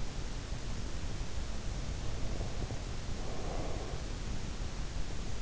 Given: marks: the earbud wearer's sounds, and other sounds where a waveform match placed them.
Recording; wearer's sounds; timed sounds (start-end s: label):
sounds in sleep by an in-ear microphone; breath
2.09-4.13 s: breath